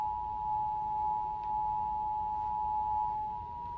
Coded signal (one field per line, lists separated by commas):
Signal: Emergency Alert System (SAME) tones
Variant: 853 and 960 Hz attention tone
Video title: EAS # 15 | VA Required Monthly Test (Feb 6, 2023)